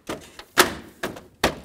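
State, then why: Seated. A plastic grille on a 2013-2020 Nissan Pathfinder is pressed onto the bumper cover after its bottom tabs are lined up with the slots. A series of sharp knocks rings out across about 1.7 seconds, and the grille snaps into place at 1.4 s, seated.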